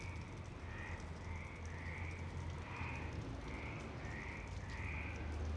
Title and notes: Marseille, Provence-Alpes-Côte d'Azur, France - 26_03_11_19_35 Longchamps_004 grenouilles. Grenouilles au parc de Longchamp MIXPRE 6 + BASIC UCHO